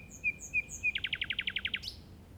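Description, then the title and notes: Common nightingale phrase: three clear spaced whistles, then a rapid run of about ten loud identical notes ending in an upward flourish. Recorded in the Llobregat Delta at 06:00 on 8 May 2015 with a Zoom recorder. "Grabación de ruiseñor común (Luscinia megarhynchos) en el Delta del Llobregat a las 06:00 del 08/05/2015."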